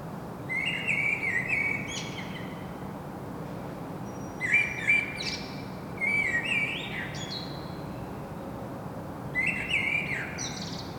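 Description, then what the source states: Common blackbird song in four separate phrases at irregular intervals, fluted warbling mixed with thin, high squeaky notes, over a constant low background rumble. Common blackbird singing in Saint-Gilles, Belgium; Sony PCM-M10 internal microphone.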